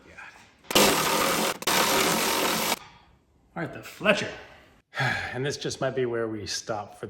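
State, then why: Stripped. During engine removal on a Porsche Boxster 986, a tool whirs on a steel engine bolt, probably cross-threaded from the factory, from about 0.7 to 2.8 s with a brief break near 1.6 s, as pressure is put on it to get a thread to catch. The bolt just spins in its threaded hole without catching and is stripped; nothing has seated or clicked. Afterward, someone talks.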